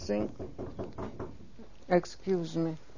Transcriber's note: there is a knock on the door